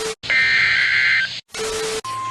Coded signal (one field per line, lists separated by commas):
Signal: Emergency Alert System (SAME) tones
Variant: header bursts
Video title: Required Weekly Test on WXK52, WXJ72 & KEC80 (EAS Alert #147) - 4/27/20